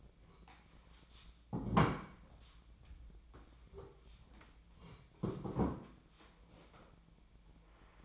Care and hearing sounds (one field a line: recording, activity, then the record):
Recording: daily activity, microphone in the room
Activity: sit down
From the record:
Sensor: 1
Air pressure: 1012.3 hPa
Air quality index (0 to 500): 172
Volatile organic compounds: 3 ppm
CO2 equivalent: 1411 ppm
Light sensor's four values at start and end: 42/114/47/57 and 43/118/48/59